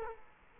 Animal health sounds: mosquito wingbeat signal from an infrared sensor; Culex quinquefasciatus

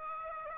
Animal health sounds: mosquito wingbeat signal from an infrared sensor; Aedes aegypti

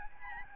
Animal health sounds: mosquito wingbeat signal from an infrared sensor; Aedes albopictus

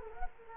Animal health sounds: mosquito wingbeat signal from an infrared sensor; Culex quinquefasciatus

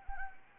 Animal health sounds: mosquito wingbeat signal from an infrared sensor; Anopheles arabiensis

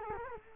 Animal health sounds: mosquito wingbeat signal from an infrared sensor; Culex quinquefasciatus

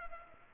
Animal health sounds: mosquito wingbeat signal from an infrared sensor; Culex pipiens

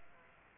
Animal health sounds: mosquito wingbeat signal from an infrared sensor; Aedes aegypti

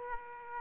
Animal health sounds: mosquito wingbeat signal from an infrared sensor; Aedes aegypti

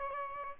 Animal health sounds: mosquito wingbeat signal from an infrared sensor; Aedes albopictus

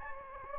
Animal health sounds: mosquito wingbeat signal from an infrared sensor; Anopheles gambiae

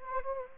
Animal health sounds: mosquito wingbeat signal from an infrared sensor; Anopheles gambiae

